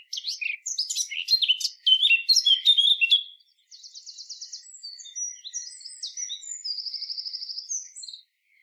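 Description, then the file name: Eurasian blackcap song: a lively scratchy warble, then softer passages with two rattling buzzy trills and scattered thin high notes. "Sylvia atricapilla"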